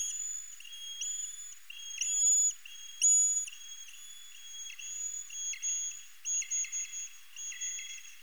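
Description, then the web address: Eastern horseshoe bat echolocation calls: long, steady whistled tones with a quick downward flick at the end, overlapping in bursts about once a second, with some louder pulses. "Rhinolophus megaphyllus"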